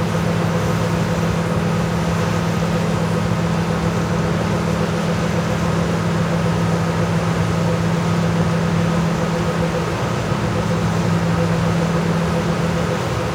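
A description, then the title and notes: A tractor engine drones steadily, a low hum with a rough grinding texture and a faint hiss that never changes. Tractor - Pink Noise.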